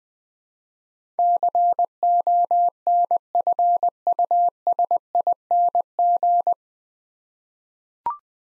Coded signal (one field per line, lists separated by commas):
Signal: Morse code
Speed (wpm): 20 wpm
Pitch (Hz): 700 Hz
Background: none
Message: CONFUSING